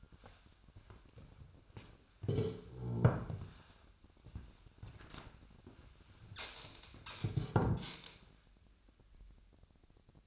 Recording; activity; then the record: daily activity, microphone in the room; sit down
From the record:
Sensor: 2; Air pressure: 1007.8 hPa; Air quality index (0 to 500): 178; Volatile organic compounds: 9 ppm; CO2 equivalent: 2194 ppm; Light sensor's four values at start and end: 10/22/9/10 and 10/23/10/10